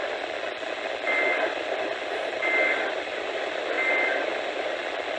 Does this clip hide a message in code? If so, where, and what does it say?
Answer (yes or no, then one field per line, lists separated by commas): no